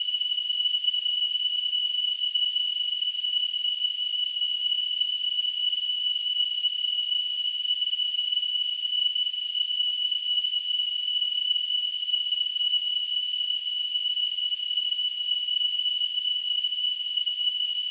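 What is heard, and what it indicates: A steady, high-pitched whistle near 3 kHz, wrapped in a thin hiss, holds unchanged for about 18 seconds. It is a simulated tinnitus sound, imitating the constant ringing a person with tinnitus hears.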